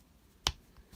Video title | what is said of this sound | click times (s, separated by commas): Hot Wheels Star Wars Darth Maul's Speeder | Hear that click. | 0.5 s